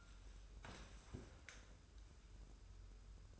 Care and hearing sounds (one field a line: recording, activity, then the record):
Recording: daily activity, microphone in the room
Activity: sit down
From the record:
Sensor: 2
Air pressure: 994.3 hPa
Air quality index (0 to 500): 202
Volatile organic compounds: 1000 ppm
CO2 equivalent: 6642 ppm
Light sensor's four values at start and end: 77/174/78/80 and 109/260/110/114